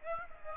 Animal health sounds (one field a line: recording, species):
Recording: mosquito wingbeat signal from an infrared sensor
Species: Aedes aegypti